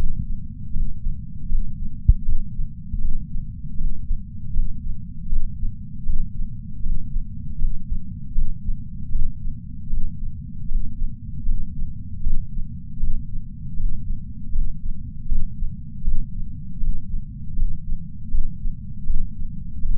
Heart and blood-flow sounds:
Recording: heart sounds by patch sensor on the chest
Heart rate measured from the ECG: 79 bpm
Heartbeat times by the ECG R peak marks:
0.74 s: heartbeat
1.49 s: heartbeat
2.26 s: heartbeat
3.02 s: heartbeat
3.78 s: heartbeat
4.54 s: heartbeat
5.30 s: heartbeat
6.07 s: heartbeat
6.83 s: heartbeat
7.59 s: heartbeat
8.35 s: heartbeat
9.12 s: heartbeat
9.90 s: heartbeat
10.69 s: heartbeat
11.46 s: heartbeat
12.24 s: heartbeat
13.00 s: heartbeat
13.77 s: heartbeat
14.53 s: heartbeat
15.29 s: heartbeat
16.05 s: heartbeat
16.81 s: heartbeat
17.56 s: heartbeat
18.32 s: heartbeat
19.07 s: heartbeat
19.83 s: heartbeat
From the record:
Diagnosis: coronary artery disease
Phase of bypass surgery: postoperative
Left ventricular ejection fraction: 43.8%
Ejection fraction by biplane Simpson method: 45%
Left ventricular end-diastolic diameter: 59 mm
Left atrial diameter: 36 mm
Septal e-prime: 6.9 cm/s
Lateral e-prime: 6.4 cm/s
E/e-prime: 9.2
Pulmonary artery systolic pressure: 22 mmHg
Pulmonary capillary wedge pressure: 19 mmHg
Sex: male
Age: 57 years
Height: 183 cm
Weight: 85 kg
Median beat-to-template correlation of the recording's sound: 0.89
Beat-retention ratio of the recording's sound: 0.99

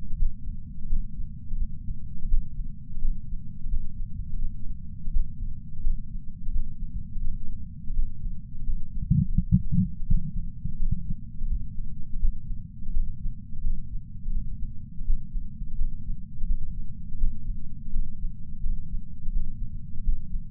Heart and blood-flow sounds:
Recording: heart sounds by patch sensor on the chest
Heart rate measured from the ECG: 85 bpm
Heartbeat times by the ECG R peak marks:
0.17 s: heartbeat
0.88 s: heartbeat
1.57 s: heartbeat
2.28 s: heartbeat
3.00 s: heartbeat
3.69 s: heartbeat
4.39 s: heartbeat
5.11 s: heartbeat
5.82 s: heartbeat
6.51 s: heartbeat
7.21 s: heartbeat
7.94 s: heartbeat
8.64 s: heartbeat
9.34 s: heartbeat
10.06 s: heartbeat
10.77 s: heartbeat
11.47 s: heartbeat
12.19 s: heartbeat
12.92 s: heartbeat
13.62 s: heartbeat
14.32 s: heartbeat
15.05 s: heartbeat
15.76 s: heartbeat
16.46 s: heartbeat
17.18 s: heartbeat
17.91 s: heartbeat
18.61 s: heartbeat
19.31 s: heartbeat
20.03 s: heartbeat
From the record:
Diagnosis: coronary artery disease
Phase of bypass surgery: postoperative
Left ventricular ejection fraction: 60.9%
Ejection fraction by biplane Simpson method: 59.5%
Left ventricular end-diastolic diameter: 49 mm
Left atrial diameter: 39 mm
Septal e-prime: 6.3 cm/s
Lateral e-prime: 6.7 cm/s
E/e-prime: 11.5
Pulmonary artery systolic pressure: 33 mmHg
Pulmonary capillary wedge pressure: 2 mmHg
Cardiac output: 6.3 L/min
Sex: male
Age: 71 years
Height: 162 cm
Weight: 75 kg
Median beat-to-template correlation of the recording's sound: 0.79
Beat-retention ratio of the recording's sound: 1.00

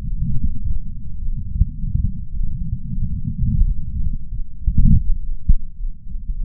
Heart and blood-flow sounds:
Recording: heart sounds by patch sensor on the chest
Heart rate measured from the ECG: 105 bpm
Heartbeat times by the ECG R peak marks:
0.05 s: heartbeat
0.62 s: heartbeat
1.20 s: heartbeat
1.77 s: heartbeat
2.34 s: heartbeat
2.92 s: heartbeat
3.49 s: heartbeat
4.06 s: heartbeat
4.64 s: heartbeat
5.21 s: heartbeat
5.78 s: heartbeat
6.34 s: heartbeat
From the record:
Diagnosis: coronary artery disease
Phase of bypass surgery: postoperative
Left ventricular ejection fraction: 62.1%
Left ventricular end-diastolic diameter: 45 mm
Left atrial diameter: 33 mm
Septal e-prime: 6.9 cm/s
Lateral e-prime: 10.6 cm/s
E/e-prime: 10.6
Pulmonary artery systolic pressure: 22 mmHg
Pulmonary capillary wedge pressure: 8 mmHg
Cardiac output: 5.1 L/min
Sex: female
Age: 52 years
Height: 163 cm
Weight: 80 kg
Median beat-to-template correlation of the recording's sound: 0.72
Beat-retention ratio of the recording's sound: 0.98

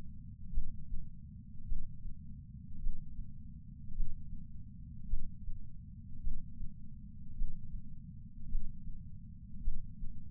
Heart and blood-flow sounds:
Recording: heart sounds by patch sensor on the chest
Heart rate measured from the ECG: 53 bpm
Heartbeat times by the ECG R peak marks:
0.50 s: heartbeat
1.64 s: heartbeat
2.79 s: heartbeat
3.92 s: heartbeat
5.06 s: heartbeat
6.20 s: heartbeat
7.34 s: heartbeat
8.47 s: heartbeat
9.60 s: heartbeat
From the record:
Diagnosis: coronary artery disease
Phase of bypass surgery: intraoperative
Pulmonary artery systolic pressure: 22 mmHg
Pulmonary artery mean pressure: 14 mmHg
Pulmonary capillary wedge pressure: 10 mmHg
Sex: male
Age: 75 years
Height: 167 cm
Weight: 58 kg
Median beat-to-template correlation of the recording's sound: 0.95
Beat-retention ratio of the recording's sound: 0.99

